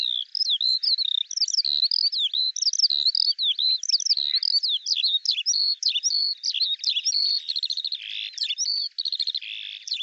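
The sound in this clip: Eurasian skylark delivering a sustained, breathless high warble of rapid varied chirps, a brief buzzy trill near the end, going on without pause.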